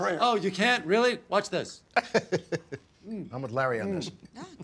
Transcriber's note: soundbite of laughter